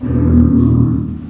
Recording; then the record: squeal of a Yucatan mini pig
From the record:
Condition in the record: after surgery on the right vocal fold (resection and tissue-engineered implant); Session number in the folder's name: 11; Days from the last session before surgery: 98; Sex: female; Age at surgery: 19 weeks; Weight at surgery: 25 kg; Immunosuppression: prednisolone